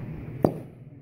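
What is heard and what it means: A precision-fit Pullmax die is pushed into its steel machine tool holder, and it seats with a short, sharp pop at 0.45 s. The fit is so tight that air pressure builds and releases as it seats. A low steady hum runs underneath.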